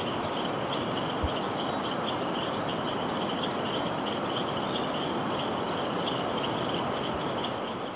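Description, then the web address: White-fronted Tyrannulet song: a long rapid series of high, thin arched notes, about three per second, steady and even over constant background hiss. Recorded in Ecuador. "Birds of Ecuador 3-02 White-Fronted Tyrannulet"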